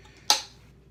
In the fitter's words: or shaft clicks into place that little clicks a good thing